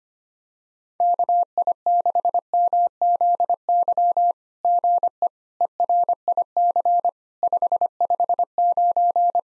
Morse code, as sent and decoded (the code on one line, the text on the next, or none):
-.- .. -.... -- --.. -.-- / --. . / . .-. .. -.-. / ..... ..... ----.
KI6MZY GE ERIC 559